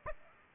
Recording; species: mosquito wingbeat signal from an infrared sensor; Aedes aegypti